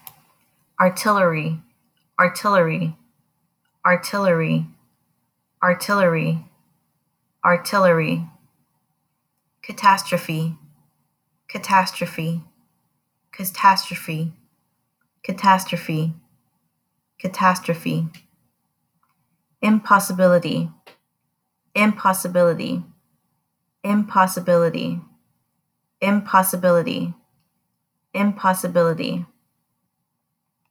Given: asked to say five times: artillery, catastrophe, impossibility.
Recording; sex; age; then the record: three words, each repeated; female; 30 to 39 years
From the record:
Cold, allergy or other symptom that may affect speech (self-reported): no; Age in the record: 30 years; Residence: Florida, United States